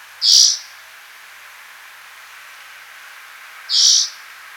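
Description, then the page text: Spotted forktail call: two brief, high, sharp notes about three and a half seconds apart over a faint steady background hiss. "Spotted Forktail Call Sound Effect. Quick Sounds"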